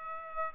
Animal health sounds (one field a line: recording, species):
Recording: mosquito wingbeat signal from an infrared sensor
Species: Aedes aegypti